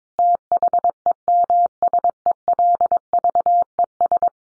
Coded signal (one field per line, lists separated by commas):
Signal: Morse code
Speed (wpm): 22 wpm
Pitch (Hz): 700 Hz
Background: none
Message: THEMSELVES